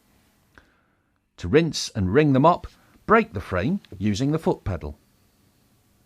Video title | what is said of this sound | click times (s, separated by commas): How to Assemble & Use the UltraSpeed | the mop frame and pad towards the floor and press down the handle until you hear the friend click closed | 0.6 s